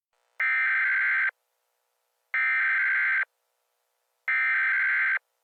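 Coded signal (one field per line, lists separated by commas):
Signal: Emergency Alert System (SAME) tones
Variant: header bursts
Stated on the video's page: Fictional EAS scenario made for entertainment, not a real event.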